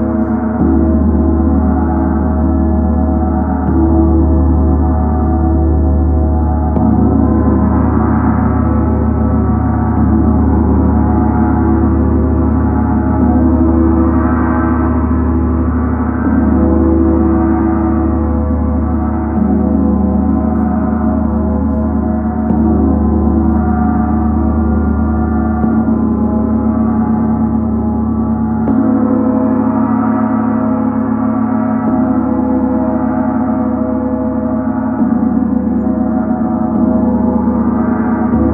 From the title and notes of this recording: Jupiter and Chiron Gong. The Jupiter gong resonates at the approximate musical note of F#.